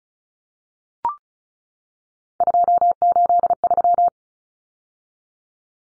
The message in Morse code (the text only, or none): 283